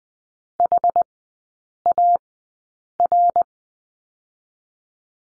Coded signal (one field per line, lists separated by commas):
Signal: Morse code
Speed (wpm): 20 wpm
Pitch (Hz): 700 Hz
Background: none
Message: HAR